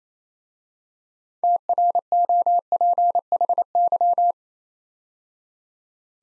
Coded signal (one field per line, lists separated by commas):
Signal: Morse code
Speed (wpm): 29 wpm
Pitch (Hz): 700 Hz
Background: none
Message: TROPHY